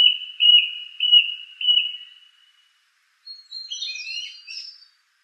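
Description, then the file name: Song thrush song: one whistled phrase given several times in a row, a short pause, then a jumbled cluster of higher, scratchy notes. "suara-kicauan-burung-song-thrush 7-omkicau"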